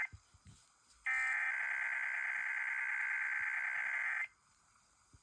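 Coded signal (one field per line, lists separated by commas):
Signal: Emergency Alert System (SAME) tones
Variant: header bursts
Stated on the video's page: Fall break tests received on a new radio from a new NOAA Weather Radio station.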